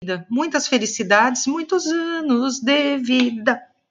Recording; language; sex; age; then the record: short text; Brazilian Portuguese; female; 40 to 49 years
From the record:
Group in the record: control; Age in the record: 48 years